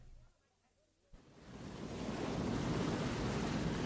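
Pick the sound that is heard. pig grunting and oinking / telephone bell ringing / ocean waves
ocean waves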